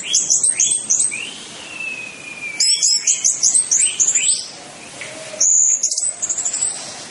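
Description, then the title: Orange-headed thrush song with rapid high trilled bursts, a drawn-out falling whistle, then more chattering phrases in quick succession. "Anis Merah"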